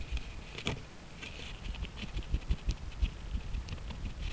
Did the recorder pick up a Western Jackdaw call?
no